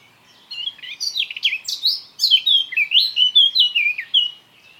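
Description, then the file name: Eurasian blackcap song: a brief quieter start building into loud, varied whistled warbling notes moving up and down in pitch. "Sylvia atricapilla"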